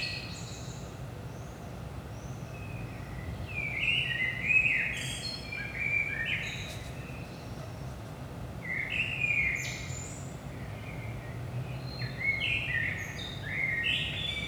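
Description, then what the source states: Common blackbird song in a run of several mellow whistled phrases with high twittery codas, repeated every few seconds, over a soft continuous low rumble. Recorded in Saint-Gilles, Belgium, early morning at 5 am; DPA 4060 microphones in AB position into a Zoom F3 recorder.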